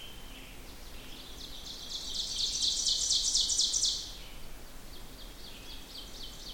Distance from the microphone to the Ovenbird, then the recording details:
about 20 m. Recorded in boreal forest in Alberta, Canada, on 16 June 2016 at 08:06. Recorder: SongMeter 3, array SBT-3-32. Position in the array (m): 142 m, 27 m. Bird 36